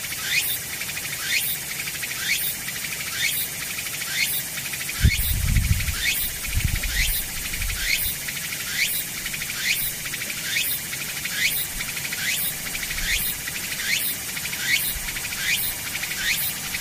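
Insects chirp in a steady, even rhythm, a bright rising call repeating about once a second over a constant high hiss of other insects. Around the fifth to eighth second a few low, dull thumps break in underneath, then the chirping carries on unchanged.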